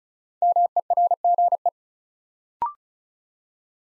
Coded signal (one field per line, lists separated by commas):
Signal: Morse code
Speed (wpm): 36 wpm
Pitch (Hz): 700 Hz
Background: none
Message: MERGE